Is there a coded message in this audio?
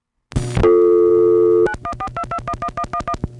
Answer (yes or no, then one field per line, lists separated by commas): yes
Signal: DTMF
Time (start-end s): 1.7-3.1 s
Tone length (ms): 80 ms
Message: 9142211111